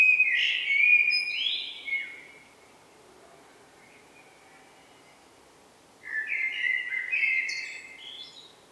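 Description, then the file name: Eurasian blackbird song: a melodious fluted phrase with a squeaky flourish, a long quiet gap, then another warbling phrase topped by sharp high-pitched chirps. "Turdus merula"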